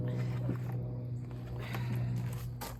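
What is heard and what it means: A plastic lid piece is handled and pressed against the rim of a plastic bucket to build a bokashi bucket, with rustling, scraping handling noise and a short knock near 1.8 seconds over a steady low hum. The lid has not snapped on yet; nothing has seated or clicked.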